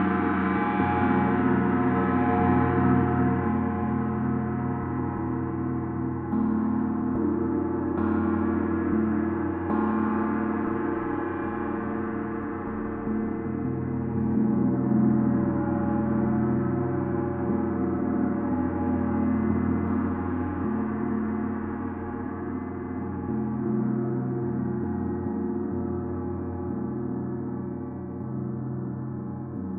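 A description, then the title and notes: A gong bath: layered gong tones ring on steadily, full of deep humming lows and shimmering overtones that slowly swell and fade. Soft strikes add brief brighter flashes around six, eight and ten seconds, while the sound gradually darkens toward the end. Gong Bath from Elodie. Kundalini Session with Yogi Priya Dhyan Khaur Lunar Phase Gong Bath, played by Elodie!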